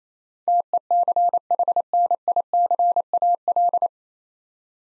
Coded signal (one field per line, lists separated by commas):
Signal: Morse code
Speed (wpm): 28 wpm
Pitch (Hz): 700 Hz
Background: none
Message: TECHNICAL